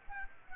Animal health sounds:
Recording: mosquito wingbeat signal from an infrared sensor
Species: Culex quinquefasciatus

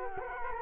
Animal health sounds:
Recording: mosquito wingbeat signal from an infrared sensor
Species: Culex quinquefasciatus

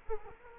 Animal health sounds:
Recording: mosquito wingbeat signal from an infrared sensor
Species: Culex quinquefasciatus

